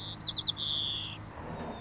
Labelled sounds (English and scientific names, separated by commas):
White-crowned Sparrow (Zonotrichia leucophrys)